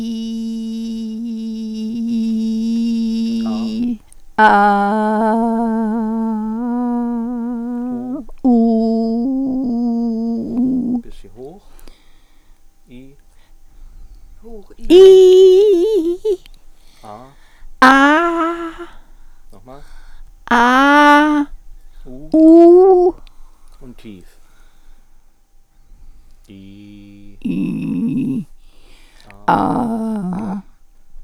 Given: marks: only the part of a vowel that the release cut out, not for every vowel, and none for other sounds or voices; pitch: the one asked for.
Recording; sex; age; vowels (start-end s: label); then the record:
sustained vowels; female; 70 to 79 years
0.00-1.88 s: vowel /i/, normal pitch
5.01-6.93 s: vowel /a/, normal pitch
8.67-10.44 s: vowel /u/, normal pitch
15.14-15.94 s: vowel /i/, high pitch
27.55-28.34 s: vowel /i/, low pitch
29.55-30.45 s: vowel /a/, low pitch
From the record:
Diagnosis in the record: presbyphonia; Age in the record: 76 years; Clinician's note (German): Mit Petechien (Einblutungen) rechte Stimmlippe